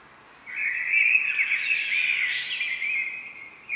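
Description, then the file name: Common blackbird giving one long, mellow whistled phrase that wavers and rises slightly before fading, with a new note starting at the very end. "Turdus merula"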